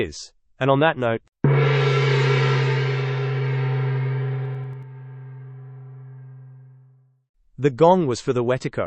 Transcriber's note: sfx: gong